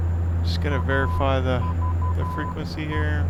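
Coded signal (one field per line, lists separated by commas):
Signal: Morse code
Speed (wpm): 12 wpm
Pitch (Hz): 1000 Hz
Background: speech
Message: AVE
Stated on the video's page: Broadcast live on Twitch.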